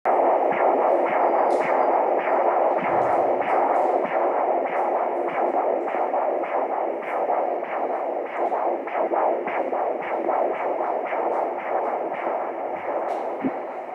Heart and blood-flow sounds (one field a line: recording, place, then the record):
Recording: Doppler ultrasound of blood flow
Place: carotid artery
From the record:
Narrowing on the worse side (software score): occlusion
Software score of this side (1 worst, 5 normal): 1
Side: right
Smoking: never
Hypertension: yes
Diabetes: type 1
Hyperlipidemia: yes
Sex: female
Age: 19 years